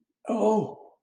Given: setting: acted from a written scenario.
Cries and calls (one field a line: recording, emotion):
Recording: vocal sound without words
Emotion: positive surprise